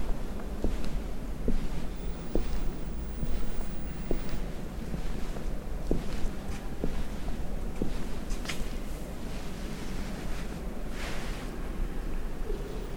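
Cathedral ambience at York Minster: a steady low rumble with a dense, soft murmur of voices throughout. Echoing footstep taps land every second or so in the first eight seconds, and brief hissing whispers rise around the middle and near eleven seconds.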